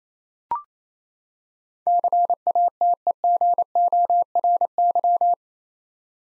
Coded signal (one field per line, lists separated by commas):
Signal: Morse code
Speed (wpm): 27 wpm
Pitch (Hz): 700 Hz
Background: none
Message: CATEGORY